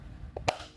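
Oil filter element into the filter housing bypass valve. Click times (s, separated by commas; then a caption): 0.4 s, 0.5 s. An oil filter element for an F10 M5 is pushed onto the bypass valve in the filter housing, giving a softer click at 0.4 s and a sharper, louder click at 0.5 s. The element is seated, secure in the housing and cannot be pulled out.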